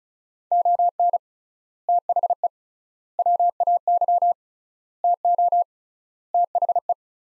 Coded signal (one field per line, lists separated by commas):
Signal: Morse code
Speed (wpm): 36 wpm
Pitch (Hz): 700 Hz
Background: none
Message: ON THE WAY TO THE